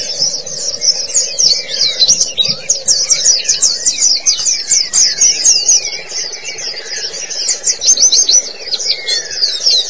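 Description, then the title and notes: White-eye song: sustained, very high, rapid twittering phrases pouring out almost without pause, over a soft steady hum. Pleci song. "Kicauan Burung Pleci Durasi Panjang. Suara kicauan burung pleci"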